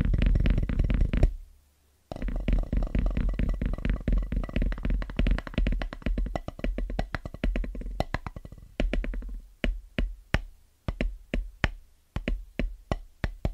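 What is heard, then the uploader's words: Fast, rhythmic tapping on drum pads, opening with a dense low rumble that breaks off abruptly near two seconds. Quick strikes then return in a steady stream, thinning after eight seconds into separate, evenly spaced taps with short decays. Fast & Rhythmic Tapping On Drum Pads (No Talking).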